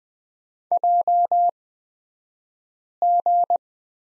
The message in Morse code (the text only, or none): JG